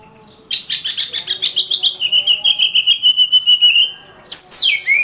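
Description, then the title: Oriental magpie-robin song: a rapid run of buzzy chattering notes followed by a long level whistle, then a bright descending whistled phrase after a short pause. "suara kacer"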